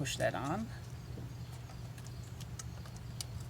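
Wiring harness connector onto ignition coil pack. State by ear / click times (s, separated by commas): seated / 3.2 s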